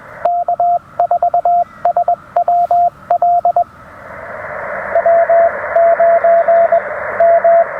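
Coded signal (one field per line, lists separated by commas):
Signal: Morse code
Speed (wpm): 21 wpm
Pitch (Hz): 690 Hz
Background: radio noise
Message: K4SWL W9 M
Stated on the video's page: Park activation with a Penntek TR-45L transceiver, CW paddles, and a Radioddity HF-009 portable vertical antenna.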